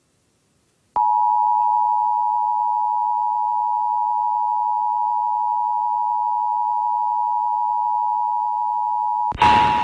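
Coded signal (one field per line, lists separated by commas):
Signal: Emergency Alert System (SAME) tones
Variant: 853 and 960 Hz attention tone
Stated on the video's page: National EAS test.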